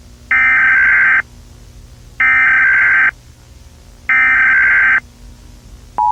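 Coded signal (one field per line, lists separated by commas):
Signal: Emergency Alert System (SAME) tones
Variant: header bursts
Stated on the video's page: Fictional EAS scenario, not a real alert.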